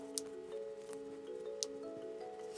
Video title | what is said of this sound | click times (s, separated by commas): Best Rugged Cases for PIXEL 3a XL? Supcase Unicorn Beetle vs. Otterbox Defender Series | so it looks like it snaps together fairly decent the | 0.2 s, 1.6 s